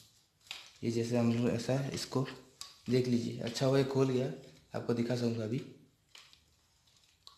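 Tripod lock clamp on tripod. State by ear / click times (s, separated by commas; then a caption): seated / 7.3 s. A lock clamp on a budget plastic tripod, which had come open, is pressed shut again while someone talks. A sharp, short click at 7.3 s shows the lock has seated.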